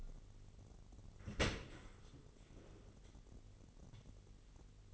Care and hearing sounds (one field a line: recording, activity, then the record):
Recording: daily activity, microphone in the room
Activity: open dishwasher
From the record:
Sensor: 4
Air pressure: 999.0 hPa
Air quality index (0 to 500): 124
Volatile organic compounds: 2 ppm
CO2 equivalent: 1223 ppm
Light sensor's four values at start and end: 7/17/6/7 and 7/16/6/7